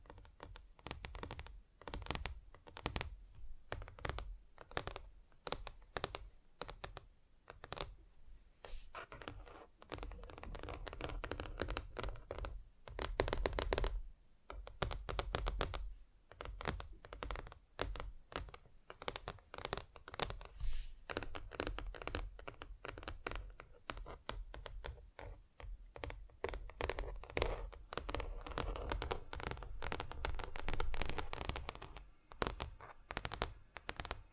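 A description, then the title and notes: Fingers tap on different surfaces in quick, uneven bursts, each tap a short sharp click reaching from low thuds to bright ticks. The tapping runs almost without pause for the whole half minute, sometimes blurring into scratchy rubbing, with no voice anywhere. ASMR Just Tapping (Different Surfaces No Talking).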